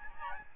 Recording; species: mosquito wingbeat signal from an infrared sensor; Aedes albopictus